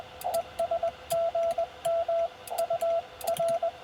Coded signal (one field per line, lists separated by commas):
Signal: Morse code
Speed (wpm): 21 wpm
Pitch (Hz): 660 Hz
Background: radio noise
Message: ES GM UR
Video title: CW POTA-Activation US-11644